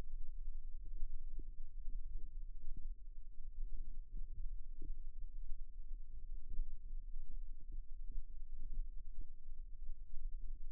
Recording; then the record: forearm muscle sounds (acoustic myography)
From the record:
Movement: rest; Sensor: system 2, bracelet of six BSWA MPA416 microphones around the upper forearm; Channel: 5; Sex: male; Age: 22 years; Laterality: right